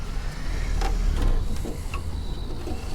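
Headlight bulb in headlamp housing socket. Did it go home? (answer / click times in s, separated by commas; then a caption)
released / 0.8 s, 1.9 s. Inside a Mercury Grand Marquis headlamp housing, the retaining tab is pushed and the plastic-based headlight bulb is twisted in its socket over a low background rumble. Sharp clicks come at 0.8 s and 1.9 s as the twist-lock opens, and the bulb is released from the housing.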